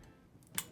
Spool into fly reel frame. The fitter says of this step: you're gonna take that spool slap it right onto the Reel make sure it clicks